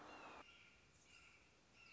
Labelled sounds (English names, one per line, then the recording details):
Red-shouldered Hawk
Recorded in Sonoma County, California